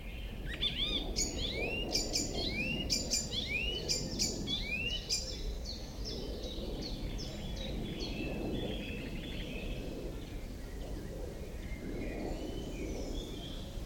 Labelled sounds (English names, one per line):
Icterine Warbler